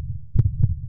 It's the sound of a heart beating faster and faster. It's actually the sound of a man's heart who's leaning over the edge of an 87-story building. Scared of heights and trying to catch his breath.